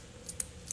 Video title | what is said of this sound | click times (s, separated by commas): MOST jewelry stores and boutique first hand manufacturers when BUYING A CUBAN LINK.#cuban #gold | Once again, you could hear that click once they click in. Hear that? | 0.4 s